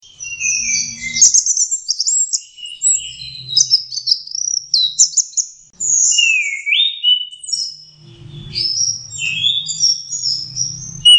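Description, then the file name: Orange-headed thrush song of varied high whistles, buzzy trills and one clear falling-rising slur, with soft low rumbles at times. Masteran (training) recording. "suara masteran anis merah"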